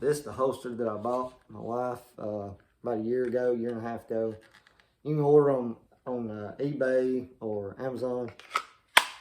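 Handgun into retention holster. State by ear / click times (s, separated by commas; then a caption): seated / 9.0 s. Someone talks as a handgun is pushed into a polymer retention holster, and the retention catch locks with one sharp click at 9.0 seconds. The gun is seated and held in place, and a tug does not pull it out.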